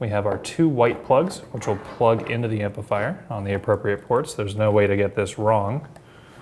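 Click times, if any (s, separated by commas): none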